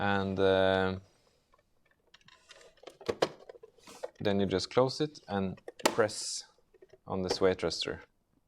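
Someone talks while closing the tether cover at the back of a Blueye ROV underwater drone housing and pressing it down, with a few faint handling taps around 2.2–4.0 s. The cover is only being handled, and nothing has seated or clicked yet.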